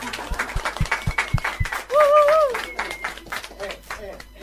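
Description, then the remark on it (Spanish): A small group in a studio claps in scattered, irregular bursts for a few seconds, with a short high-pitched whoop rising over the applause partway through and some voices mixed in. “Así que démonos un aplauso entre todos.”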